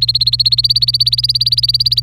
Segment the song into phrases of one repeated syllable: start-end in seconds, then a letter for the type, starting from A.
0.00-2.00 A